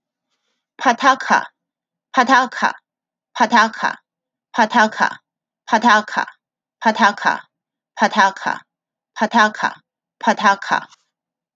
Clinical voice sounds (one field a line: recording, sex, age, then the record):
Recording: repeated syllables /pa ta ka/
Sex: female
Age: 40 to 49 years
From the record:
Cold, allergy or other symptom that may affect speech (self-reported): no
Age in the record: 47 years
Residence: Illinois, United States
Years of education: 19